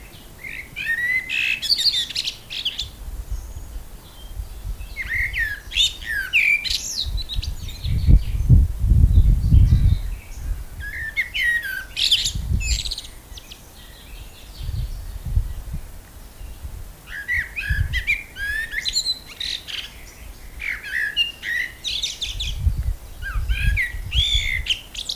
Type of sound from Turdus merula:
song